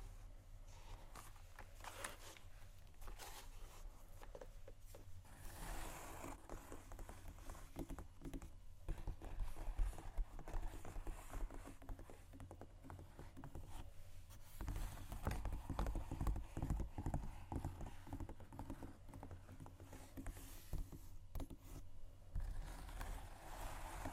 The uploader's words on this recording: ASMR Shoes Scratching & Tapping（No Talking）.